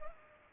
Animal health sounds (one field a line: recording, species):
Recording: mosquito wingbeat signal from an infrared sensor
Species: Culex pipiens